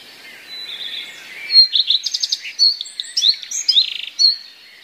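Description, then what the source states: Common redstart song with mimicry: soft background twitter, then a lively run of loud varied chirps and short buzzy trills, fading at the end. Song containing mimicry borrowed from other passerine birds.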